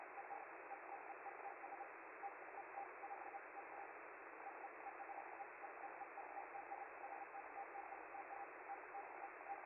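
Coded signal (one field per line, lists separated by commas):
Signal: Hellschreiber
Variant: Feld-Hell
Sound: rapid stuttering buzz-like tone around 800 Hz, keyed on and off, under steady hiss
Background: radio static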